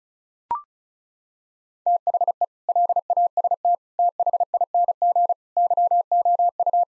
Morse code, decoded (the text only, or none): THE LAST THING YOU